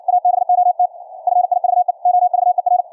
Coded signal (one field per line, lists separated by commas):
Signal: Morse code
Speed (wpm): 56 wpm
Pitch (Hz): 720 Hz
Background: none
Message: ABOT FIVE OVER